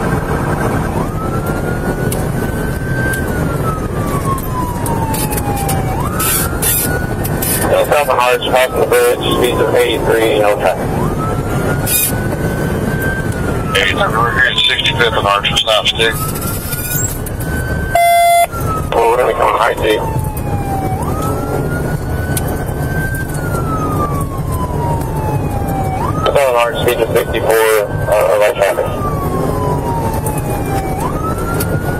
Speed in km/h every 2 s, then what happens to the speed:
142, 137, 134, 140, 147, 148, 145, 134, 116, 106, 106, 109, 109, 111, 116, 121.
0-4 slows to 134. 4-11 speeds up to 148. 11-18 brakes to 106. 18-26 steady at about 109. 26-32 speeds up to 121.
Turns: none.